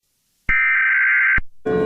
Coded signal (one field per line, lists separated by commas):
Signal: Emergency Alert System (SAME) tones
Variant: header bursts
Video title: Mini EAS Scenario - That’s No Satellite